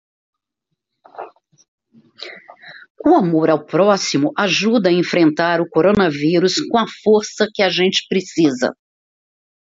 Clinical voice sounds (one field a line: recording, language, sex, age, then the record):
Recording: spoken sentence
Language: Brazilian Portuguese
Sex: female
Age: 60 to 69 years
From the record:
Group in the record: control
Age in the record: 62 years